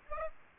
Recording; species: mosquito wingbeat signal from an infrared sensor; Aedes aegypti